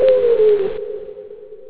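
Owl hoot: one low, hollow note that falls slightly in pitch, then carries on more quietly to the end.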